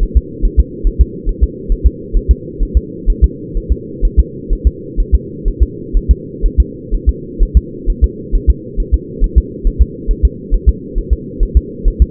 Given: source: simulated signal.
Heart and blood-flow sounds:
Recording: fetal heart sounds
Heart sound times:
0.03 s: S1
0.17 s: S2
0.45 s: S1
0.60 s: S2
0.87 s: S1
1.01 s: S2
1.29 s: S1
1.43 s: S2
1.72 s: S1
1.87 s: S2
2.17 s: S1
2.31 s: S2
2.63 s: S1
2.77 s: S2
3.10 s: S1
3.24 s: S2
3.57 s: S1
3.72 s: S2
4.05 s: S1
4.19 s: S2
4.53 s: S1
4.67 s: S2
5.00 s: S1
5.15 s: S2
5.48 s: S1
5.62 s: S2
5.97 s: S1
6.11 s: S2
6.46 s: S1
6.60 s: S2
6.94 s: S1
7.09 s: S2
7.43 s: S1
7.57 s: S2
7.90 s: S1
8.04 s: S2
8.35 s: S1
8.50 s: S2
8.80 s: S1
8.94 s: S2
9.24 s: S1
9.38 s: S2
9.67 s: S1
9.82 s: S2
10.11 s: S1
10.25 s: S2
10.54 s: S1
10.69 s: S2
10.98 s: S1
11.13 s: S2
11.43 s: S1
11.57 s: S2
11.88 s: S1
12.02 s: S2
From the record:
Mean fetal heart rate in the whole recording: 130 bpm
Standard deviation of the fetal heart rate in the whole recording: 4 bpm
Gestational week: 38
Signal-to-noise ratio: -4.1 dB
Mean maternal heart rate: no maternal heart sound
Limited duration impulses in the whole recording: absent

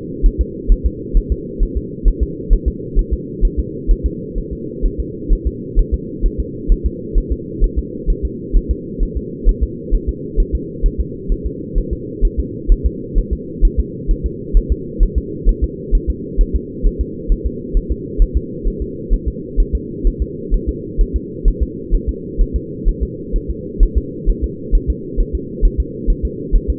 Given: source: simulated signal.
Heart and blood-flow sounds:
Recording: fetal heart sounds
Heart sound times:
0.26 s: S1
0.41 s: S2
0.72 s: S1
0.86 s: S2
1.17 s: S1
1.32 s: S2
1.63 s: S1
1.77 s: S2
2.08 s: S1
2.23 s: S2
2.53 s: S1
2.68 s: S2
2.99 s: S1
3.14 s: S2
3.45 s: S1
3.59 s: S2
3.91 s: S1
4.06 s: S2
4.38 s: S1
4.53 s: S2
4.86 s: S1
5.00 s: S2
5.33 s: S1
5.47 s: S2
5.79 s: S1
5.94 s: S2
6.26 s: S1
6.40 s: S2
6.72 s: S1
6.86 s: S2
7.18 s: S1
7.32 s: S2
7.64 s: S1
7.79 s: S2
8.10 s: S1
8.25 s: S2
8.57 s: S1
8.71 s: S2
9.03 s: S1
9.17 s: S2
9.49 s: S1
9.63 s: S2
9.95 s: S1
10.09 s: S2
10.40 s: S1
10.55 s: S2
10.86 s: S1
11.01 s: S2
11.32 s: S1
11.47 s: S2
11.78 s: S1
11.93 s: S2
12.25 s: S1
12.40 s: S2
12.72 s: S1
12.86 s: S2
13.19 s: S1
13.33 s: S2
13.65 s: S1
13.80 s: S2
14.11 s: S1
14.26 s: S2
14.57 s: S1
14.72 s: S2
15.03 s: S1
15.18 s: S2
15.49 s: S1
15.64 s: S2
15.95 s: S1
16.10 s: S2
16.41 s: S1
16.56 s: S2
16.87 s: S1
17.01 s: S2
17.32 s: S1
17.47 s: S2
17.77 s: S1
17.92 s: S2
18.22 s: S1
18.37 s: S2
18.68 s: S1
18.82 s: S2
19.14 s: S1
19.28 s: S2
19.60 s: S1
19.75 s: S2
20.07 s: S1
20.22 s: S2
20.54 s: S1
20.69 s: S2
21.01 s: S1
21.16 s: S2
21.48 s: S1
21.63 s: S2
21.95 s: S1
22.09 s: S2
22.41 s: S1
22.56 s: S2
22.89 s: S1
23.03 s: S2
23.36 s: S1
23.51 s: S2
23.83 s: S1
23.98 s: S2
24.30 s: S1
24.44 s: S2
24.75 s: S1
24.90 s: S2
25.20 s: S1
25.35 s: S2
25.65 s: S1
25.80 s: S2
26.10 s: S1
26.25 s: S2
26.56 s: S1
26.70 s: S2
From the record:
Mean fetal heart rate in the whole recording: 130 bpm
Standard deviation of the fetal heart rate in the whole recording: 2 bpm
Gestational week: 38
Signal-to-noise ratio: -4.1 dB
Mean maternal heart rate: no maternal heart sound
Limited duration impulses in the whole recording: absent

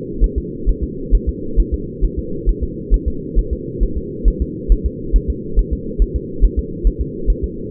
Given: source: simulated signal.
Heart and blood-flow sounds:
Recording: fetal heart sounds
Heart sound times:
0.24 s: S1
0.38 s: S2
0.69 s: S1
0.83 s: S2
1.15 s: S1
1.29 s: S2
1.60 s: S1
1.74 s: S2
2.04 s: S1
2.19 s: S2
2.49 s: S1
2.63 s: S2
2.94 s: S1
3.08 s: S2
3.39 s: S1
3.53 s: S2
3.83 s: S1
3.97 s: S2
4.28 s: S1
4.42 s: S2
4.72 s: S1
4.86 s: S2
5.16 s: S1
5.30 s: S2
5.59 s: S1
5.73 s: S2
6.02 s: S1
6.16 s: S2
6.45 s: S1
6.59 s: S2
6.87 s: S1
7.01 s: S2
7.30 s: S1
7.44 s: S2
From the record:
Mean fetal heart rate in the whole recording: 135 bpm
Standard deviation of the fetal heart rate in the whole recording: 3 bpm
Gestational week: 36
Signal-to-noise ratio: -4.3 dB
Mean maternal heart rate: 72 bpm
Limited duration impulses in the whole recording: absent

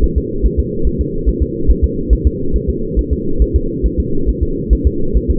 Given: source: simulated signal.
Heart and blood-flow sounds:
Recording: fetal heart sounds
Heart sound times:
0.04 s: S1
0.18 s: S2
0.46 s: S1
0.59 s: S2
0.87 s: S1
1.01 s: S2
1.29 s: S1
1.42 s: S2
1.71 s: S1
1.84 s: S2
2.13 s: S1
2.27 s: S2
2.56 s: S1
2.70 s: S2
2.99 s: S1
3.13 s: S2
3.42 s: S1
3.56 s: S2
3.86 s: S1
4.00 s: S2
4.29 s: S1
4.43 s: S2
4.73 s: S1
4.87 s: S2
5.17 s: S1
5.30 s: S2
From the record:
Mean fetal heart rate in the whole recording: 140 bpm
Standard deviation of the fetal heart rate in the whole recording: 2 bpm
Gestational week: 34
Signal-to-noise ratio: -8.1 dB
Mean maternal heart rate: 72 bpm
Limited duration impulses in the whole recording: absent

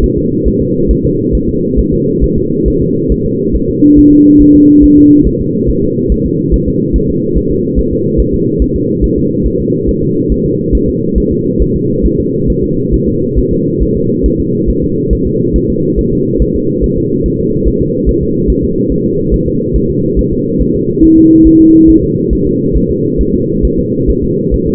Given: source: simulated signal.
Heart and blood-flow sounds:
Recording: fetal heart sounds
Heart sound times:
0.04 s: S1
0.18 s: S2
0.48 s: S1
0.62 s: S2
0.91 s: S1
1.05 s: S2
1.35 s: S1
1.49 s: S2
1.79 s: S1
1.94 s: S2
2.24 s: S1
2.38 s: S2
2.68 s: S1
2.82 s: S2
3.12 s: S1
3.26 s: S2
3.56 s: S1
3.70 s: S2
3.99 s: S1
4.13 s: S2
4.42 s: S1
4.56 s: S2
4.84 s: S1
4.98 s: S2
5.27 s: S1
5.41 s: S2
5.70 s: S1
5.84 s: S2
6.12 s: S1
6.26 s: S2
6.54 s: S1
6.68 s: S2
6.96 s: S1
7.10 s: S2
7.37 s: S1
7.51 s: S2
7.79 s: S1
7.93 s: S2
8.20 s: S1
8.34 s: S2
8.62 s: S1
8.76 s: S2
9.04 s: S1
9.18 s: S2
9.46 s: S1
9.61 s: S2
9.89 s: S1
10.03 s: S2
10.32 s: S1
10.46 s: S2
10.75 s: S1
10.89 s: S2
11.18 s: S1
11.32 s: S2
11.62 s: S1
11.76 s: S2
12.06 s: S1
12.20 s: S2
12.50 s: S1
12.64 s: S2
12.94 s: S1
13.08 s: S2
13.38 s: S1
13.53 s: S2
13.82 s: S1
13.97 s: S2
14.26 s: S1
14.40 s: S2
14.70 s: S1
14.84 s: S2
15.13 s: S1
15.27 s: S2
15.56 s: S1
15.70 s: S2
15.99 s: S1
16.13 s: S2
16.42 s: S1
16.56 s: S2
16.84 s: S1
16.98 s: S2
17.26 s: S1
17.40 s: S2
17.68 s: S1
17.82 s: S2
18.09 s: S1
18.23 s: S2
18.50 s: S1
18.64 s: S2
18.92 s: S1
19.06 s: S2
19.34 s: S1
19.48 s: S2
19.76 s: S1
19.90 s: S2
20.19 s: S1
20.33 s: S2
20.61 s: S1
20.76 s: S2
21.04 s: S1
21.18 s: S2
21.47 s: S1
21.61 s: S2
21.90 s: S1
22.04 s: S2
22.33 s: S1
22.47 s: S2
22.77 s: S1
22.91 s: S2
23.21 s: S1
23.35 s: S2
23.65 s: S1
23.79 s: S2
24.10 s: S1
24.24 s: S2
24.54 s: S1
24.68 s: S2
From the record:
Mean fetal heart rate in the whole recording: 140 bpm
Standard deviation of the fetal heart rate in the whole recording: 2 bpm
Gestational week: 34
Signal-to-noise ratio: -11.2 dB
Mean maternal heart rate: 72 bpm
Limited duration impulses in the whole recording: present

